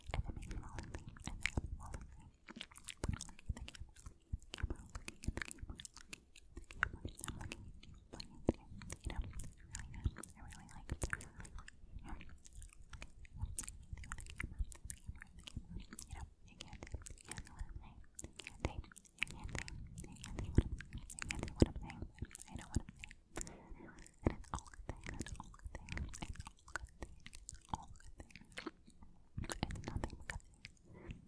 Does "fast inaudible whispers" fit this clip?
yes